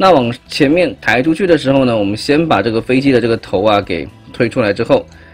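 During the transformation of a plastic Transformers Legacy Voyager Class Jhiaxus figure, the plane's nose section is pushed out, ready to be clipped shut onto the figure's body. Someone talks throughout over background music. Nothing has seated or clicked yet.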